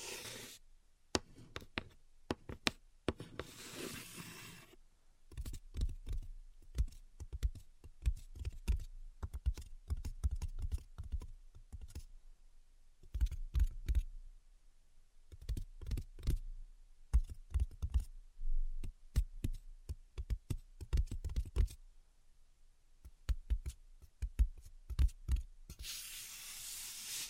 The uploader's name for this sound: Invisible Tapping and Scratching